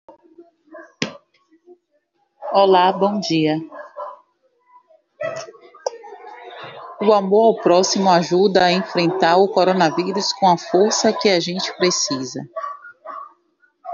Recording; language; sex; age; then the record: spoken sentence; Brazilian Portuguese; female; 30 to 39 years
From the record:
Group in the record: control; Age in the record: 35 years